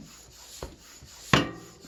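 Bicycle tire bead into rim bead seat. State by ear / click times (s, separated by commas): seated / 1.3 s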